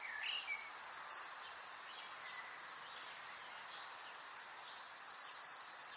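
Eurasian blue tit calls: two quick runs of four thin, high, slightly falling notes about four seconds apart, with a faint lower chirp just before the first run.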